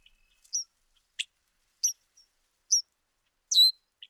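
Bird giving high, separate chirps and short whistled notes, spaced about every half second to second, in an otherwise quiet background.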